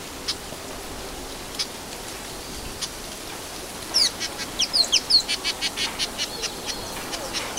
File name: Orange weaver